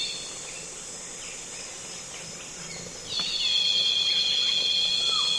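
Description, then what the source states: Cicada song begins after a quiet forest background, sweeping into a loud continuous high-pitched buzz that holds to the end. Loud cicadas calling on a calm afternoon in Congo basin rainforest.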